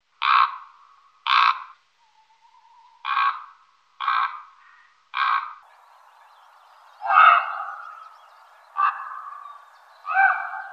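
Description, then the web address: Common raven giving several hoarse, croaking calls, the later ones longer with a more ringing tone. "Rabenvogel Kolkrabe Rufe"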